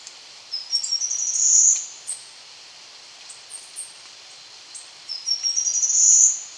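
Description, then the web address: Choco Warbler song: two quick rising twittered phrases ending in a bright high trill, with a few scattered thin notes between them. Ecuador. "Birds of Ecuador. Choco Warbler"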